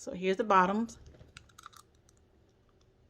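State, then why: Not seated. A wearer handles a natural-white bottom removable veneer, a dental resin shell meant to snap onto the lower teeth. Someone talks briefly, followed by a few faint, sharp handling ticks around 1.4 to 1.8 seconds, then quiet. The veneer has not snapped into place yet.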